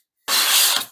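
A second removable battery brick is handled at the back of a plastic Runhood portable power station, on its way into the battery bay where a release button locks it. After silence, a broad, steady scraping rasp begins at 0.3 s and fades out by about 0.9 s, followed by a faint short tick near 0.9 s. Nothing has seated or clicked yet.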